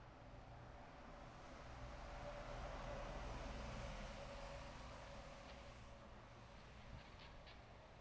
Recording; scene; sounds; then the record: everyday scene through a hearing-aid microphone; in traffic; traffic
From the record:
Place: bus stop on a city main road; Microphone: behind the ear, left, front